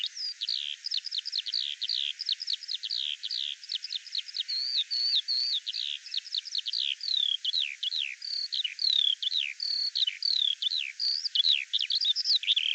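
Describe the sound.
Bird song, a long continuous sequence of quick downslurred whistles and chirps, steady in pace throughout.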